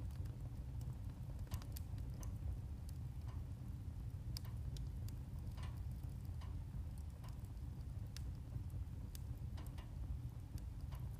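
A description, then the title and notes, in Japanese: Firewood burns in a wood stove, crackling and popping over a steady low rumble that fills the whole clip. Sharp snaps come irregularly, roughly every second or so, some brighter and louder than others, with small ticks scattered between them. 自然の音～薪の爆ぜる音・薪ストーブ。パチパチと音を立てて燃えていく薪。静岡県田方郡の古民家より。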